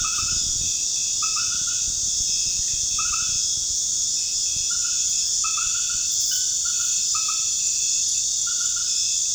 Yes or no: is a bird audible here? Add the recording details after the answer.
no. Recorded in pastures near Puerto Asís, Putumayo, Colombia, on 29 June 2025 at 19:00. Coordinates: 0.466, -76.322. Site GP07